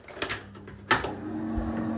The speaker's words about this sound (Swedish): Hör du hur jag har det? Jag har en mikro.